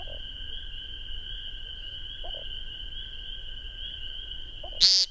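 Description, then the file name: American woodcock making quiet low notes followed by one abrupt, nasal, buzzy peent, with a constant shrill background drone throughout. Recorded 12 May 2001. "2001-05-12 American Woodcock"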